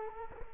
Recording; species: mosquito wingbeat signal from an infrared sensor; Culex quinquefasciatus